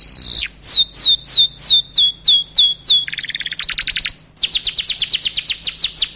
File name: Bird-Kenari tiengchimhot